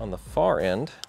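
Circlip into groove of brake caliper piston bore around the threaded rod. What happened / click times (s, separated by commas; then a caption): Handled, not yet home: retaining ring still being positioned / none. A screwdriver presses down on the far end of a steel circlip around the threaded rod inside a Miata rear brake caliper, working it toward its groove in the piston bore. Someone talks throughout, and a brief faint tick comes near the end. Nothing has seated or clicked yet.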